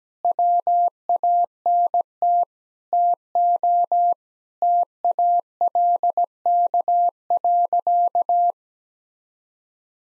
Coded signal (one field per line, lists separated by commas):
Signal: Morse code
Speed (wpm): 17 wpm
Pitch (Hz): 700 Hz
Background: none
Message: WANT TO TALK.